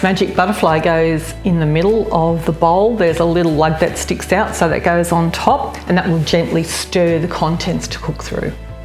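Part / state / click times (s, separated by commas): butterfly stirrer attachment onto the blade hub of a kitchen machine bowl / not seated / none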